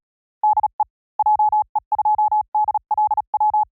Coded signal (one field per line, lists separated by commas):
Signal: Morse code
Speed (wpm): 38 wpm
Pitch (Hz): 850 Hz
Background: none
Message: DE JE2DLW